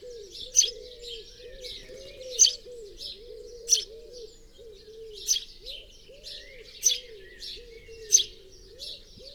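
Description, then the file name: House sparrow chirps, sharp bright notes given singly or in short bursts every one to two seconds, over a steady low wavering hum. "Passer domesticus"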